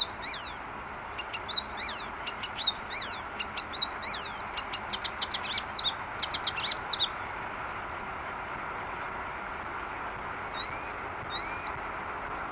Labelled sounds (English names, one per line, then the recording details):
Icterine Warbler
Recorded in the wild
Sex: male
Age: adult
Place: Baiersdorf, Bayern, DE
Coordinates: 49.6578, 11.0319
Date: 1962-06-13
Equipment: Stellavox SM 5, Original, Vollspur
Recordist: Tretzel, Erwin